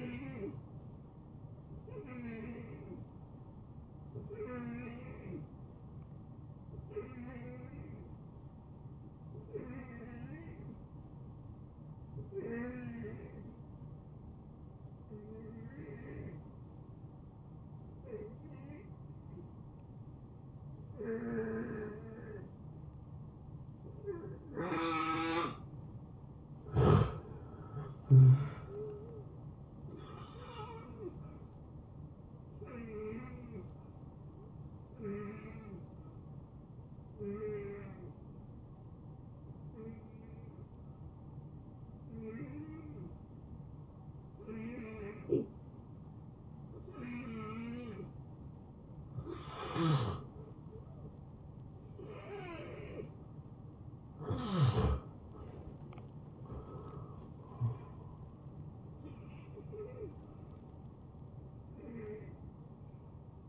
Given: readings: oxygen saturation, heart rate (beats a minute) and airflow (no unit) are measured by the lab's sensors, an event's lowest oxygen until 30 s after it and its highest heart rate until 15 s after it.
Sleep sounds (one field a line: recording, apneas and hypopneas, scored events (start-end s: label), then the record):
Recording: breathing in sleep by a smartphone at the bedside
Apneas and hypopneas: 2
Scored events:
10.00-27.80 s: hypopnea (N2, oxygen 84% highest, then 77% lowest, heart rate 76 at the start, 82 highest)
34.00-51.10 s: hypopnea (N2, oxygen 81% highest, then 77% lowest, heart rate 79 at the start, 83 highest)
62.00-63.49 s: new sleep stage, N1 (lightest sleep)
From the record:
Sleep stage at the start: N2 (light sleep)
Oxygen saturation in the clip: 77 to 88%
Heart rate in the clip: 63 to 83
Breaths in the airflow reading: 19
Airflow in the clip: -18.3 to 10.7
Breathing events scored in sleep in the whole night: 263 in 5.5 hours asleep